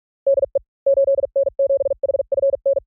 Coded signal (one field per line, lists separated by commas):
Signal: Morse code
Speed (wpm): 44 wpm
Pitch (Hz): 550 Hz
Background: none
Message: DE 8N7HFN